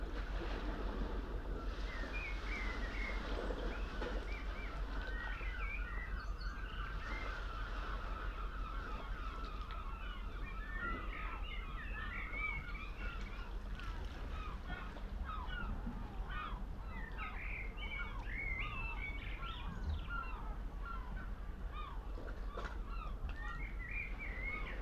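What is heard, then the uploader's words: Birdsong fills the air at Nothe Fort on the Jurassic coast of England, with quick chirps and tweets overlapping almost without pause. A steady low rumble runs underneath the whole time, and the overall level stays even throughout. Nothe Fort on the Jurassic coast of England.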